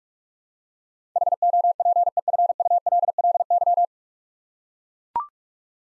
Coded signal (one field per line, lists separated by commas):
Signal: Morse code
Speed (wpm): 44 wpm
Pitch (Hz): 700 Hz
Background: none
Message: HOPEFULLY